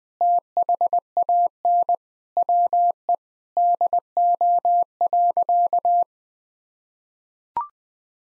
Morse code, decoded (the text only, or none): THAN WE DO.